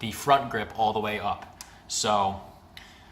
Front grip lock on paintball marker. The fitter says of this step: good to note and then you turn it and hear that click that's how you know it's locked